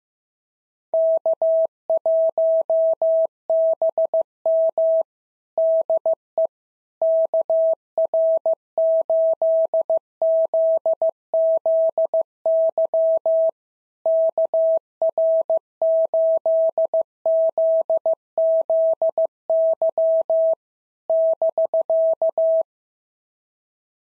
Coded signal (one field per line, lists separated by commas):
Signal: Morse code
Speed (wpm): 15 wpm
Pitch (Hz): 650 Hz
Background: none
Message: K1BM DE KR8ZZY KR8ZZY <BK>